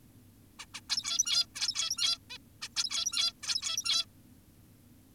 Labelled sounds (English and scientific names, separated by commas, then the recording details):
Zebra Finch (Taeniopygia guttata)
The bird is an adult
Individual g17y2U